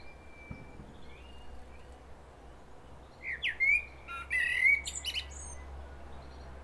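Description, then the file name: Common blackbird singing one phrase midway: a fluty warble ending in a thin, high, squeaky flourish, with a faint level whistle earlier and low hum throughout. "Turdus merula"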